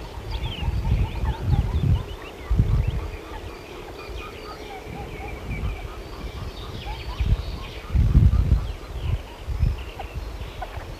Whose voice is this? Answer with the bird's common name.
Eurasian Coot